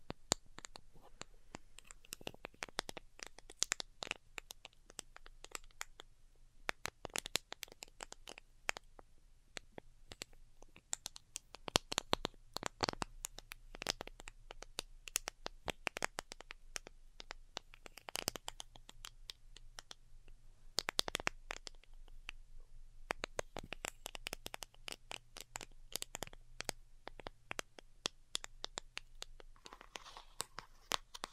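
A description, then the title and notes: Delicate tapping, with light, sharp clicks and taps scattered unevenly throughout, sometimes single and sometimes in quick clusters. Occasional soft scratchy rustles fill gaps between taps, and a faint low hum runs steadily underneath the whole time. ASMR DELICATE Tapping for Sleep (No Talking).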